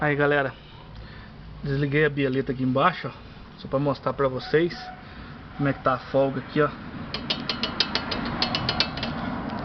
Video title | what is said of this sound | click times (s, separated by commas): D.D.M 11 de Junho - New fiesta barulho na suspensão -Palio adventure bateria sem carga ! | que, galera, aqui infelizmente quem instalou essa bieleta, ele espanou a peça aqui, ó. | none